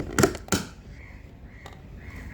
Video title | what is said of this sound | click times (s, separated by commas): How to replace side view mirror glass on Kia Sportage | Press it firmly until you hear the clips snap into place. | 0.2 s, 0.5 s